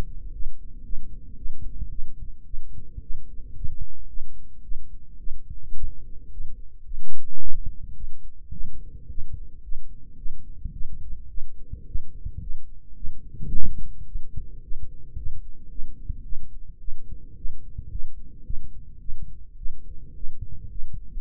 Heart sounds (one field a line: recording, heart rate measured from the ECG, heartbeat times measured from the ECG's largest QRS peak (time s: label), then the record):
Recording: heart sounds by microphone in the right ear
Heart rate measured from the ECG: 109 bpm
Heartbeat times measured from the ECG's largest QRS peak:
0.33 s: heartbeat
0.84 s: heartbeat
1.37 s: heartbeat
1.90 s: heartbeat
2.46 s: heartbeat
3.01 s: heartbeat
3.55 s: heartbeat
4.08 s: heartbeat
4.63 s: heartbeat
5.19 s: heartbeat
5.75 s: heartbeat
6.31 s: heartbeat
6.85 s: heartbeat
7.40 s: heartbeat
7.95 s: heartbeat
8.52 s: heartbeat
9.09 s: heartbeat
9.63 s: heartbeat
10.17 s: heartbeat
10.73 s: heartbeat
11.29 s: heartbeat
11.86 s: heartbeat
12.41 s: heartbeat
12.95 s: heartbeat
13.51 s: heartbeat
14.07 s: heartbeat
14.62 s: heartbeat
15.16 s: heartbeat
15.70 s: heartbeat
16.24 s: heartbeat
16.80 s: heartbeat
17.36 s: heartbeat
17.90 s: heartbeat
18.44 s: heartbeat
19.00 s: heartbeat
19.57 s: heartbeat
20.15 s: heartbeat
20.69 s: heartbeat
From the record:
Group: healthy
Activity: rest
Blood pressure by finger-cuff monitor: 121/67 mmHg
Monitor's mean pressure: 83 mmHg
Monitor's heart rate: 109 bpm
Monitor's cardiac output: 9.1 L/min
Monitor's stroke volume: 84 mL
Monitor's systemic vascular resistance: 660 dyn s/cm5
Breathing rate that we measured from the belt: 22 breaths a minute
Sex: female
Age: 22 years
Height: 163 cm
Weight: 67.1 kg